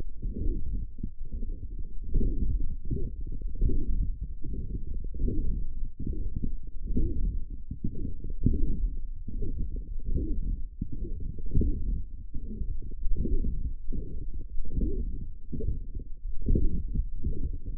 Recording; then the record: forearm muscle sounds (acoustic myography)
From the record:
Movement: forearm pronation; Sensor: system 1, eight BSWA MPA416 microphones around the upper forearm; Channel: 8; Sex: male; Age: 23 years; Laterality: right